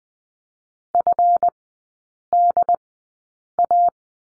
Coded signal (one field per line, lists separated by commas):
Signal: Morse code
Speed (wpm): 20 wpm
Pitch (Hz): 700 Hz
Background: none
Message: FDA